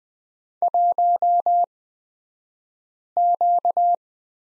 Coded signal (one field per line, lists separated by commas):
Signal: Morse code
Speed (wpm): 20 wpm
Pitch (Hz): 700 Hz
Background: none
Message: 1Q